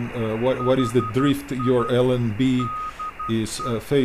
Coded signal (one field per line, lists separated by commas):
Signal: Morse code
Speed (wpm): 12 wpm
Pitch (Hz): 1250 Hz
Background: speech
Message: HI DE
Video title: Using SDR-Console and Adalm-Pluto or other dongles to receive QO-100